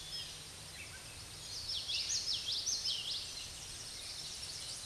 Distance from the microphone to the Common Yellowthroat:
about 30 m